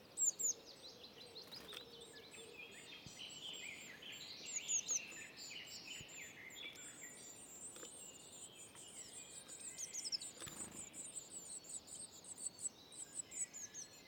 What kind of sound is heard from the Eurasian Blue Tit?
begging call